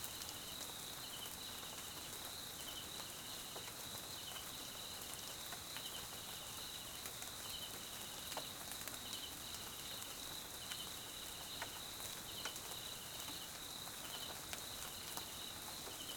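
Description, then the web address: Crickets keep up a steady high trill with repeated short pulsed bursts, over rain hiss and scattered drips. South African crickets recorded at night in jungle at Mkhaya, Swaziland, during rain; background ambience. "Tonschliff - SOUTH AFRICAN CRICKETS BG Swaziland Mkhaya Jungle Night Rain"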